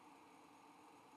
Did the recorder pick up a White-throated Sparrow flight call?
no